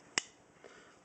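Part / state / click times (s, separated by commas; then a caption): multitool main blade locking into the handle liner lock / seated / 0.2 s. The main blade of a metal Leatherman Wave multitool is opened, and its liner lock snaps into the locked position in the handle with one sharp, bright click at 0.2 s. A fainter, softer sound follows at about 0.6 s, and the blade ends seated and locked.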